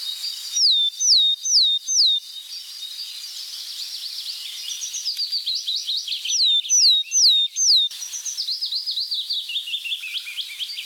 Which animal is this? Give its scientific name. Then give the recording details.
Poecile montanus. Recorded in the wild. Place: NSG Taubergießen / Reg.-Präs. Freiburg im Breisgau, Baden-Württemberg, DE. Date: 1983-04-17. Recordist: Schwarz, Dieter